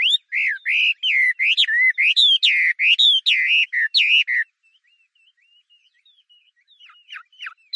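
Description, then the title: Chinese hwamei whistling a quick series of loud repeated slurred notes, followed by soft scattered chirps and a few faint downward whistles. "画眉鸟的叫声"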